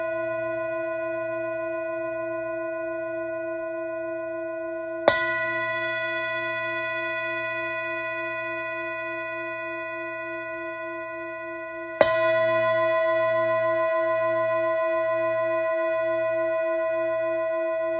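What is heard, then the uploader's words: A Tibetan singing bowl rings with a steady, sustained tone, struck twice, at about five and twelve seconds. Each strike adds a bright metallic edge that fades back into the long, slowly decaying hum, with a gentle pulsing wobble in the lower tones. Sounds of Tibetan Singing Bowls.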